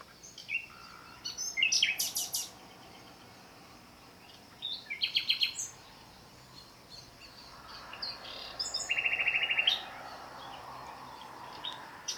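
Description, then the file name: Common nightingale singing short, separated phrases of high chirps and clicks, including a rapid dry trill, with quiet pauses between bursts. "Luscinia megarhynchos"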